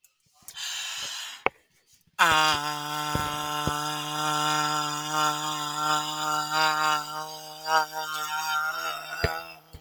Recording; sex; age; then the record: vowel held as long as possible; female; 50 to 59 years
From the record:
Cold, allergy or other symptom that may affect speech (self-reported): no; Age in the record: 50 years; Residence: Mississippi, United States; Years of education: 14